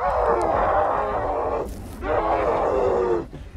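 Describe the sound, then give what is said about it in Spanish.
A video game goat bleats twice, each cry long, loud and strained, lasting over a second, with a short pause between them and no voices. “¿Dónde está la cabra? ¿La oyes?”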